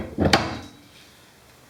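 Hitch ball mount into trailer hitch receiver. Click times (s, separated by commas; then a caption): 0.3 s. A repaired Bosal hitch ball mount is pushed into a trailer hitch receiver, with a short low sliding rumble starting at about 0.2 s. At 0.3 s the locking mechanism engages with a sharp metallic clunk, and the mount locks into place before the sound decays into quiet.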